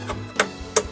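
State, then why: Seated. A robot cable connector, pins lined up, is set down into its socket on the robot and pushed until it clicks into place, then twisted until it stops. Two sharp clicks land at 0.4 s and 0.8 s over soft background music. The connector is seated.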